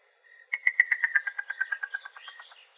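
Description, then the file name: Yellow-billed cuckoo giving a quick run of wooden, clucking notes that fall in pitch and fade. Recorded in Arizona. "YBCU 2 Deviche"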